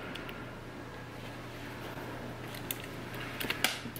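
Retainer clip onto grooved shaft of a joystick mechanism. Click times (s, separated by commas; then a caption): 3.6 s. A small retainer clip is pushed back onto the grooved shaft of a joystick mechanism under repair, over a steady low hum with faint ticks and handling clicks. The clip snaps into the groove cut in the shaft with a sharp click at 3.6 s and is seated.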